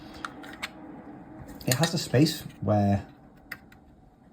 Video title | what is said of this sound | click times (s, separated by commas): Logi M350s Pebble Mouse 2 - First Impressions | back on and it clicks back in place which I think is pretty good nice design um | 0.2 s